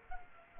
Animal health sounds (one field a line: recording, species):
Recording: mosquito wingbeat signal from an infrared sensor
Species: Culex quinquefasciatus